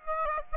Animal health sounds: mosquito wingbeat signal from an infrared sensor; Aedes aegypti

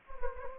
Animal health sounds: mosquito wingbeat signal from an infrared sensor; Anopheles gambiae

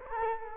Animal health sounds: mosquito wingbeat signal from an infrared sensor; Culex quinquefasciatus

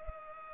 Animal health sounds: mosquito wingbeat signal from an infrared sensor; Culex pipiens

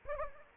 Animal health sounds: mosquito wingbeat signal from an infrared sensor; Anopheles gambiae

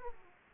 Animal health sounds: mosquito wingbeat signal from an infrared sensor; Aedes aegypti

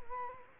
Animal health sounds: mosquito wingbeat signal from an infrared sensor; Culex quinquefasciatus

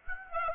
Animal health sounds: mosquito wingbeat signal from an infrared sensor; Aedes aegypti

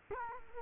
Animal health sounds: mosquito wingbeat signal from an infrared sensor; Culex quinquefasciatus

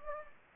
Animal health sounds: mosquito wingbeat signal from an infrared sensor; Anopheles gambiae

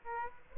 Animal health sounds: mosquito wingbeat signal from an infrared sensor; Aedes aegypti

